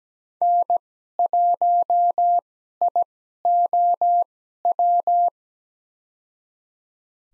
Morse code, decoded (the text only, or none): N1IOW